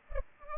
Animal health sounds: mosquito wingbeat signal from an infrared sensor; Culex pipiens

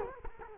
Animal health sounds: mosquito wingbeat signal from an infrared sensor; Culex quinquefasciatus

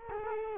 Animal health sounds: mosquito wingbeat signal from an infrared sensor; Culex quinquefasciatus

